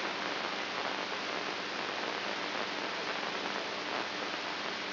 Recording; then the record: brain microelectrode recording played as sound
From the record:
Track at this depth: inside the subthalamic nucleus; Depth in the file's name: 4.515 mm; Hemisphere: right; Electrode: 2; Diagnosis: Parkinson's disease